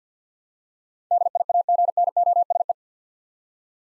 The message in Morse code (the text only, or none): DIAGNOSE